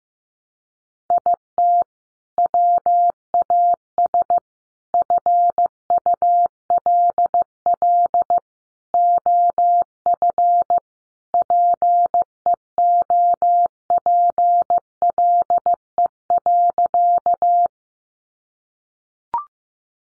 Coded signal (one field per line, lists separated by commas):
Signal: Morse code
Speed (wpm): 15 wpm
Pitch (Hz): 700 Hz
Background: none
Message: IT WAS FULL OF PEOPLE.